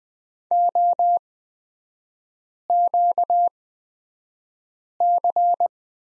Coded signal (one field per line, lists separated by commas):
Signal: Morse code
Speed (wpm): 20 wpm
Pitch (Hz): 700 Hz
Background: none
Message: OQC